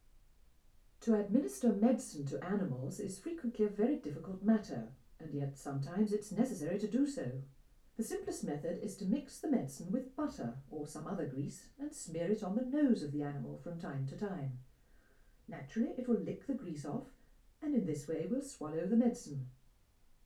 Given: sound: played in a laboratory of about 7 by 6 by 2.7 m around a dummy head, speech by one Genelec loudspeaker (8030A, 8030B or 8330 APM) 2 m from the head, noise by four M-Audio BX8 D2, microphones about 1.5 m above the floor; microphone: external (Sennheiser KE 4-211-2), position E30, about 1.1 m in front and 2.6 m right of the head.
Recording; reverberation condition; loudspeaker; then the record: female speech in English; low; in front (0 degrees)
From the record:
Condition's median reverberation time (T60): about 310 ms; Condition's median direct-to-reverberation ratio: about 3.5 dB